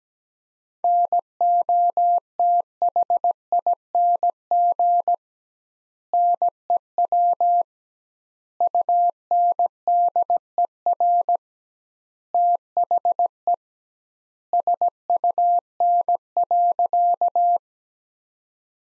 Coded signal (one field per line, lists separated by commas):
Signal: Morse code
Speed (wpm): 17 wpm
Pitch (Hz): 700 Hz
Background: none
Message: NOTHING NEW UNDER THE SUN.